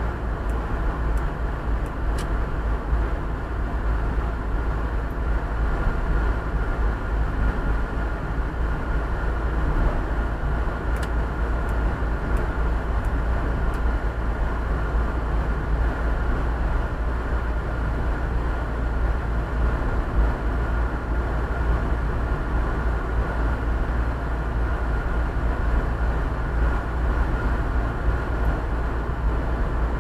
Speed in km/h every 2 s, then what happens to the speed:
54, 52, 53, 53, 53, 55, 55, 56, 55, 56, 56, 56, 55, 57, 57.
0-30 steady at about 55.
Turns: none.